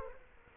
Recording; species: mosquito wingbeat signal from an infrared sensor; Culex quinquefasciatus